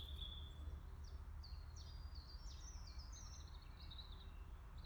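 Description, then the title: Birds give quick high chirps and short twittering notes over a heavy steady low roar of background noise. Birds in a forest, recorded 18 March 2020. "eine-minute media 20200318 voegel im wald eine maus und ein motorrad"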